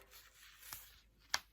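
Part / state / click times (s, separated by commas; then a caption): plastic snap cap into its socket on the cloth pad wings / seated / 1.3 s. The second plastic KAM snap cap is pressed into its socket on the wings of a sewn cloth menstrual pad. After a quiet stretch with a faint tick at 0.7 s, a sharp snap rings out at 1.3 s. The snap is seated and applied correctly.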